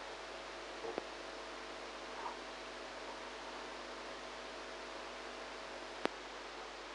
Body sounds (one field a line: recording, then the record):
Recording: brain microelectrode recording played as sound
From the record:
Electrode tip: outside the subthalamic nucleus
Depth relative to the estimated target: 1 mm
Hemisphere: right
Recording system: NeuroSet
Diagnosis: Parkinson's disease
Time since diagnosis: 8 years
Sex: female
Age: 45 years